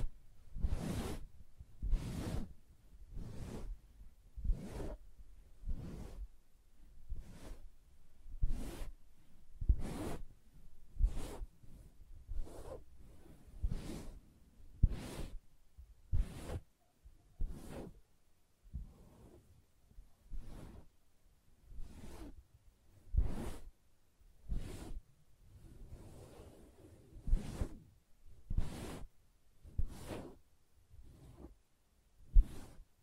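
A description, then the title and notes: Soft fabric is brushed and tapped in a steady, even rhythm, roughly one short scratchy stroke per second for the whole stretch. Each stroke is crisp, with a faint low rustle filling the gaps between them. ASMR Soft Fabric Surface Tapping & Scratching (No Talking).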